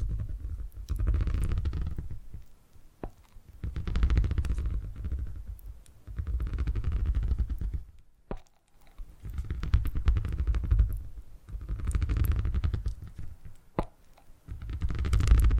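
Purring rumbles low and steady, rising and falling in slow swells every two to three seconds like breaths in and out. Faint clicks and crackles ride on top, and the sound drops nearly silent for a moment around the eighth second.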